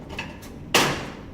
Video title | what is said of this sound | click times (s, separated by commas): fluorescent to LED in a 2x4 lay in fixture.... | snaps right into place. | 0.8 s